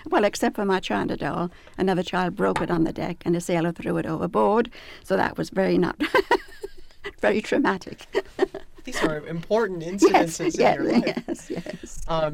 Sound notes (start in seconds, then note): 6.0 she laughs; 9.9 they laugh